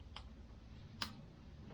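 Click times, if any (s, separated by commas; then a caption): 1.0 s. An HT lead's boot is pushed firmly onto a spark plug on a 1971 Range Rover to check that it seats. A faint tick comes at 0.2 s, then a sharper, brighter click at 1.0 s as the boot seats on the plug, over a low steady background hum.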